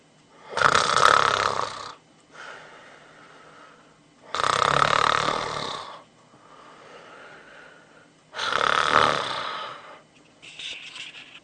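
A man snores in deep sleep: three loud, rasping inhales spaced a few seconds apart, each followed by a softer, breathy exhale, with no talking.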